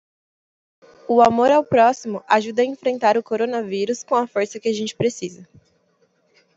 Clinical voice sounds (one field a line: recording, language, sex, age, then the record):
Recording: spoken sentence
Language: Brazilian Portuguese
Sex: female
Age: 20 to 29 years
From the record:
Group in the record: control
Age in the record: 25 years